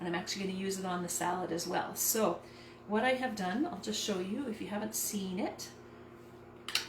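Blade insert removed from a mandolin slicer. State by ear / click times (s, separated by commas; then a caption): released / 6.7 s, 6.8 s. A woman talks while removing the slicing blade insert from a plastic kitchen mandolin slicer. Two quick ticks are heard at 6.7 s and 6.8 s as the blade pops out and is released.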